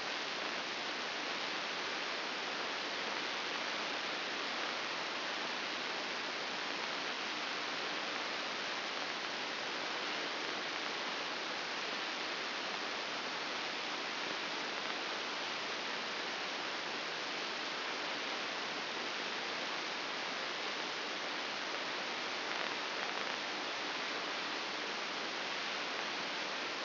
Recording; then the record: brain microelectrode recording played as sound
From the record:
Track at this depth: outside the subthalamic nucleus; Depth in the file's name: 8.304 mm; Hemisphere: left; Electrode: 2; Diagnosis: Parkinson's disease